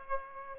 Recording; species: mosquito wingbeat signal from an infrared sensor; Aedes aegypti